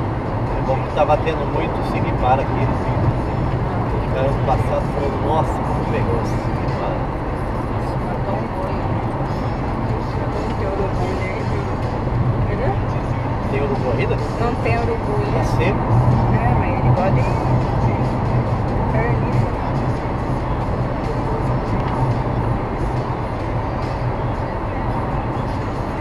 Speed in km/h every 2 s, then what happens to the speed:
104, 102, 98, 98, 100, 101, 103, 105, 107, 110, 111, 111, 111.
0-7 slows to 98. 7-26 speeds up to 111.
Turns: none.